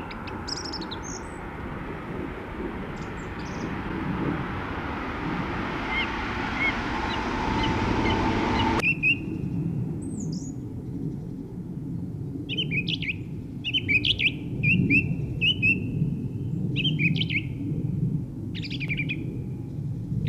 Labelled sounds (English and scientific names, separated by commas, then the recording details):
Song Thrush (Turdus philomelos) song
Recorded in the wild
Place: Kaiserslautern, Rheinland-Pfalz, DE
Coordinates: 49.3933, 7.74667
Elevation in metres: 323
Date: 1972-03-09
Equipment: Uher 4000 Report, AKG D 24, Parabolreflektor
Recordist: Tretzel, Erwin